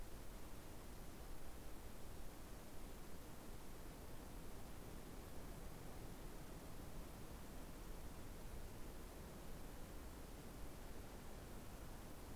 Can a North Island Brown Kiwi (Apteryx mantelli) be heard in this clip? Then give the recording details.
no. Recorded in New Zealand on 24 November 2015. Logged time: 04:12. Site DD67